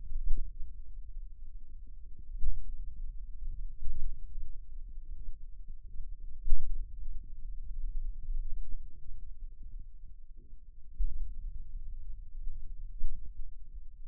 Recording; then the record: forearm muscle sounds (acoustic myography)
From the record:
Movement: finger pinch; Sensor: system 2, bracelet of six BSWA MPA416 microphones around the upper forearm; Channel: 1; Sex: male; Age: 22 years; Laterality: right